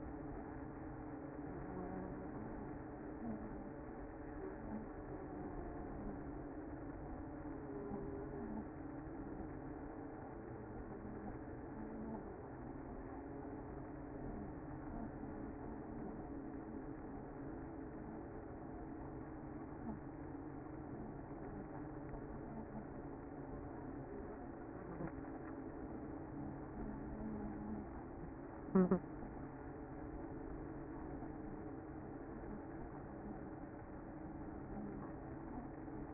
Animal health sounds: honeybee colony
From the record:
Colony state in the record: active

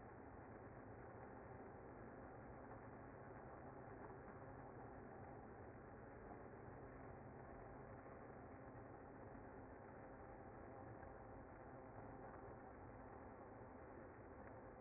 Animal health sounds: honeybee colony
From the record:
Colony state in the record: active

